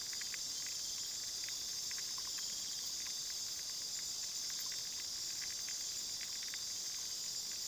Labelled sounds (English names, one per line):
none